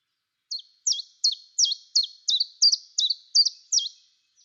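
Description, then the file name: Common chiffchaff song: a steady run of about ten high, sharp notes, each dropping in pitch, delivered roughly three per second in an even chiff-chaff rhythm. "tjiftjaf"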